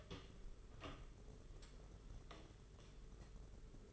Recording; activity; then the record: daily activity, microphone in the room; open door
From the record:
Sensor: 4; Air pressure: 992.3 hPa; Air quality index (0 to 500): 113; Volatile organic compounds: 22 ppm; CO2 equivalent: 2739 ppm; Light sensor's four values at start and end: 21/74/27/28 and 21/74/27/28